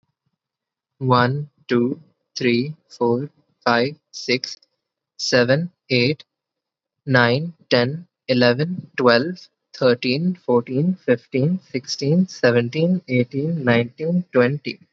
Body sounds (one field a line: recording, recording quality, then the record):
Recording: counting at a normal pace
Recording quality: moderate, slight background noise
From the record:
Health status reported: healthy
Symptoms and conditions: none ticked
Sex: male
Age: 20 years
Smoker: not ticked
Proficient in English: yes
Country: India